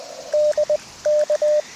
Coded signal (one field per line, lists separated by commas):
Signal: Morse code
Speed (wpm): 20 wpm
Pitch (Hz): 600 Hz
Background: radio noise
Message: DK